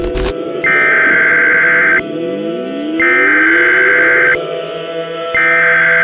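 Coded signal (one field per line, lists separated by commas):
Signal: Emergency Alert System (SAME) tones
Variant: header bursts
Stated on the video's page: Fictional tornado outbreak EAS scenario, not a real alert.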